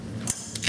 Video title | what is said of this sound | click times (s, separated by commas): Jamet Arizona All Season - Aufbau Tipps und Tricks im Detail | heard. It has now snapped into place | 0.3 s